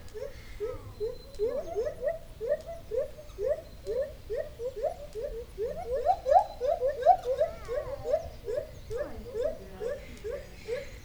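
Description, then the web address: White-handed gibbon song: a long run of short rising-falling hooting notes, briefly climbing higher midway before settling back. Captive individual at Debrecen Zoo, Hungary, 2012; solo song; recorded with a Marantz recorder and shotgun microphone. "debrecenizoo 2012 feherkezugibbon"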